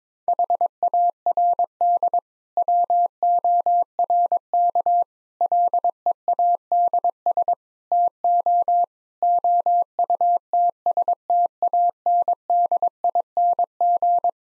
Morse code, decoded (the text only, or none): HARD WORK LEADS TO OUTSTANDING